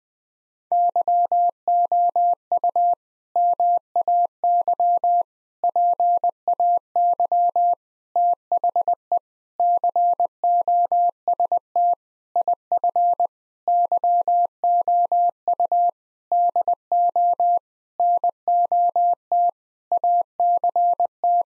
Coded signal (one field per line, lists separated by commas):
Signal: Morse code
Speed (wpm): 21 wpm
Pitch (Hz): 700 Hz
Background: none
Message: YOU MAY PAY THE COST IF YOU DO NOT ACT